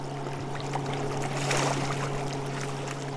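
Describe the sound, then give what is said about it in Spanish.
Steady, broad rushing of the Ancachi River flowing nearby at Nuquí, Chocó, holding an even level throughout and swelling slightly midway, with a constant low droning hum underneath and no voices. “El río Ancachi está aquí, cerquitica, aquí está toda la orillita, ese es el río Ancachi.”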